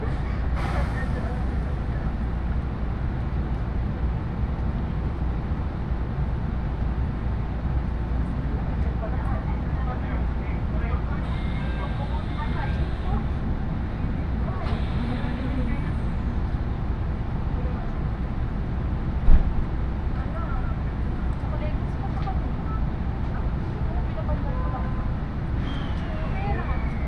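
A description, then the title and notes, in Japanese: A train ride on the Iida Line, with a steady low rumble of the carriage running throughout. Faint voices and brief squeals and clicks come and go over the drone, and a short knock stands out near the nineteen-second mark. 鉄道旅 飯田線 辰野→伊那市。やってきたのは313系の2両編成。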